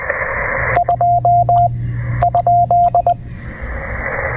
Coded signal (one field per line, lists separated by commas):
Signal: Morse code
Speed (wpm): 19 wpm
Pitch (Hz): 690 Hz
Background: radio noise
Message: 2 ?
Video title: Escaping the Heat: Early Morning POTA Activation at William B. Umstead State Park!